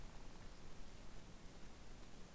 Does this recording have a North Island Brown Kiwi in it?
no